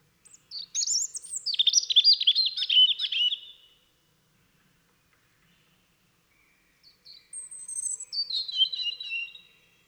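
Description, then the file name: European robin song: a long tumbling phrase of high whistles and trills, a quiet gap, then a second thinner descending phrase. "Erithacus rubecula"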